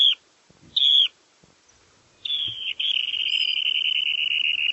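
Bird calling: two short high notes, then a long, even, buzzy trill that runs on to the end, in quiet surroundings.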